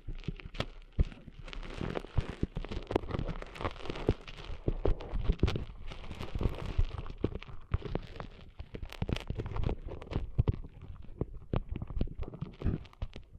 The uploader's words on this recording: ASMR Cleaning Sand Out of Your Ears (No Talking).